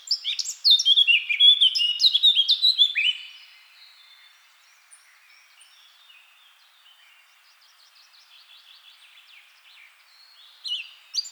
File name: Sylvia atricapilla